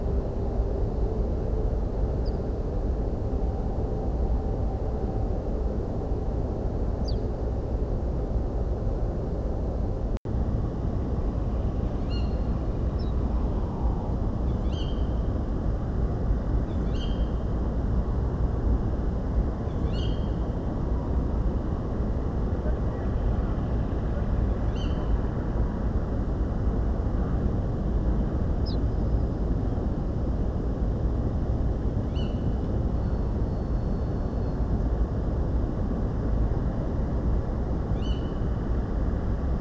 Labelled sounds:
Ortolan Bunting (Emberiza hortulana), Tawny Owl (Strix aluco)
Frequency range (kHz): Ortolan Bunting (Emberiza hortulana) 3.1-6.5 kHz; Tawny Owl (Strix aluco) 1.1-7.8 kHz
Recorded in France

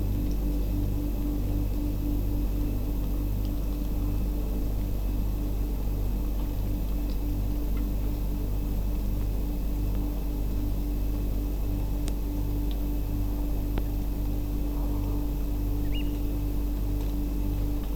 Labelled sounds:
Eurasian Oystercatcher (Haematopus ostralegus)
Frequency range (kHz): Eurasian Oystercatcher (Haematopus ostralegus) 1.5-3.1 kHz
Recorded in France

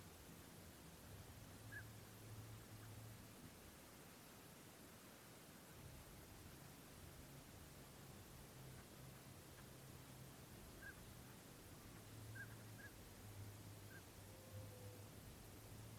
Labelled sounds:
Northern Pintail (Anas acuta)
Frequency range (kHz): Northern Pintail (Anas acuta) 1.3-1.8 kHz
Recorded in France

